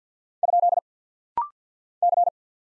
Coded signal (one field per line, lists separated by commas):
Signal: Morse code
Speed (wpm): 48 wpm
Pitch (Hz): 700 Hz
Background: none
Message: ? C